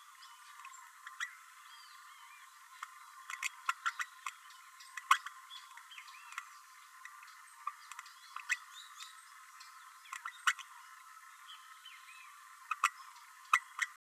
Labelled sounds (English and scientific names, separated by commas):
Green-rumped Parrotlet (Forpus passerinus) babbling